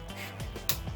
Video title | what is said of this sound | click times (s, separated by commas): EPIC DC Multiverse (JUSTICE LEAGUE, AQUAMAN, and MORE) COLLECT and CONNECT video collection! | There we go. I heard the snap. | 0.7 s